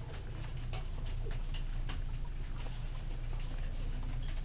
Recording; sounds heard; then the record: poultry house recording; healthy chickens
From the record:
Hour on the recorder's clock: 19